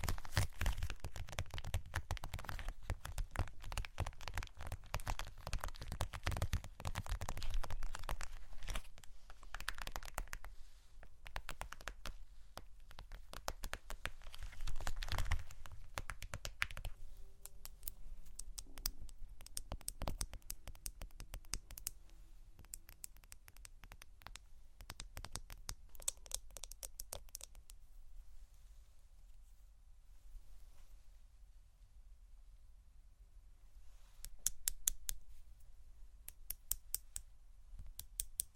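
Microphone brushing and tapping: dense scratchy rubbing for the first fifteen seconds, then sparser quick taps and brushes, with short bursts near the end.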